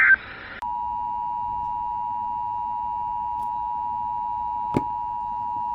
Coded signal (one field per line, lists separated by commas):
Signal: Emergency Alert System (SAME) tones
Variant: 853 and 960 Hz attention tone